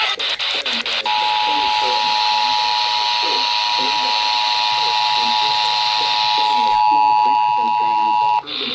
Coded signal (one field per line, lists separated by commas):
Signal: Emergency Alert System (SAME) tones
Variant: 853 and 960 Hz attention tone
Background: speech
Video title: Mid-July fun. | EAS Alerts from 7/11-15/25 | EAS#2,462-2,500